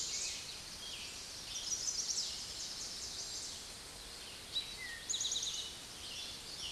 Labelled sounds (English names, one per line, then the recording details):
Eastern Towhee song
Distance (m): 40 m
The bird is about 5 m above the microphone
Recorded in a Pennsylvania forest on 16 May 2024 at 06:13
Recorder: AudioMoth, point MSD-0475
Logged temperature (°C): 12.3 °C
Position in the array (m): 109 m, 6 m